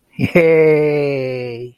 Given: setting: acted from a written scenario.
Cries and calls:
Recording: vocal sound without words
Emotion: triumph

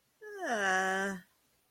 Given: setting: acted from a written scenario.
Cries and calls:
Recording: vocal sound without words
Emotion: neutral

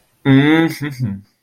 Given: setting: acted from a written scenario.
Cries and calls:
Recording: vocal sound without words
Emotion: contempt

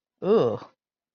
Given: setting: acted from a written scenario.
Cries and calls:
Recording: vocal sound without words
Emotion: disgust

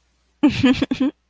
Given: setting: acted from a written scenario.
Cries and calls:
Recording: vocal sound without words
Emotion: amusement

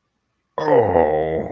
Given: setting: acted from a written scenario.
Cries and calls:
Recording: vocal sound without words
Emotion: guilt

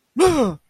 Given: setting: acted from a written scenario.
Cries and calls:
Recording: vocal sound without words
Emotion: negative surprise

